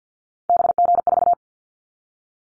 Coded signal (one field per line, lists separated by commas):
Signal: Morse code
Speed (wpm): 50 wpm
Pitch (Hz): 700 Hz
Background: none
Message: BG4